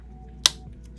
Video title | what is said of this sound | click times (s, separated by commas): Synology DS220+ NAS Hard Drive Installation | snaps into place good good and | 0.5 s